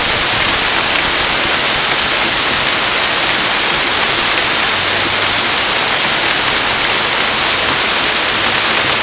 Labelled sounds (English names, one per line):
none